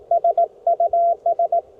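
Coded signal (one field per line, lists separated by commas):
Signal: Morse code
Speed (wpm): 18 wpm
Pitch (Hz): 680 Hz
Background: none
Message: S US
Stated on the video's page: CW sent with a 1928 Vibroplex Lightning bug during a cold-weather QRP park activation; imperfect bug fist.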